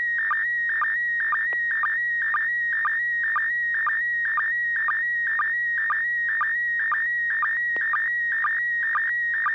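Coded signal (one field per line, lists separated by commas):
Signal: SSTV (slow-scan television)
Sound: warbling high tone with rapid regular clicks about twice a second, scanning image lines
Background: low hum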